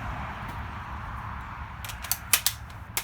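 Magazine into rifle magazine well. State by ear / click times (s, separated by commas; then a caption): seated / 2.3 s. A box magazine is pushed up into the magazine well of a Colt AR-15 rifle until the catch engages. Over a steady low hum, a few sharp metallic clacks ring out near the end, and the magazine clicks into place at 2.3 s, confirming it is seated.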